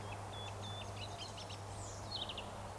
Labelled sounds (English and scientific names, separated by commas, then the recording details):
Eurasian Woodcock (Scolopax rusticola) whistle
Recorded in Baden-Württemberg, Germany, on 29 June 2020 at 20:07 UTC
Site 43791, 788 m above sea level